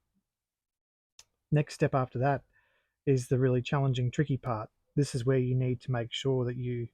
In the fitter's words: your locking latch will lock into place